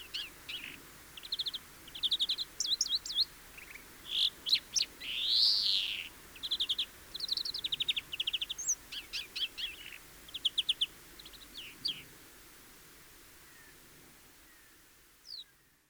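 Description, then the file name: European greenfinch delivering bursts of buzzy trills and chirps with one long nasal wheeze midway; the song stops near the end, leaving near silence and a final faint note. "Chloris chloris"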